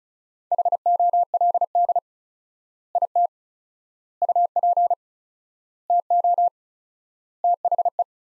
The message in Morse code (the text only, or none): HOLD IT UP TO THE